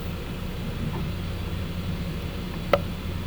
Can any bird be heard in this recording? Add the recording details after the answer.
no. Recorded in pastures near Puerto Asís, Putumayo, Colombia, on 21 December 2024 at 14:30. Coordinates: 0.505, -76.324. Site G063